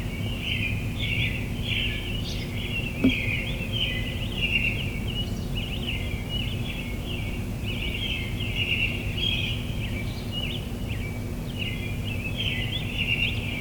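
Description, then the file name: Bird song, busy continuous twittering of quick chirps throughout, one sharp click near the start, low hum beneath. Recorded in the morning. "admiralbob 77-bird sounds in the morning"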